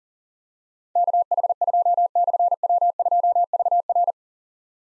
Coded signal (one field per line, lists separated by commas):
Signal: Morse code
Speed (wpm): 43 wpm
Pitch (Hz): 700 Hz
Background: none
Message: KH2/W2VR